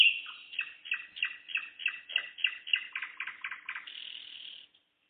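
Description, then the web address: Nightingale song: a rapid, rhythmic run of repeated full notes, ending on a sustained high whistle. Singing on the evening of 11 May 2014. "spiew-slowika-11052014-wieczor"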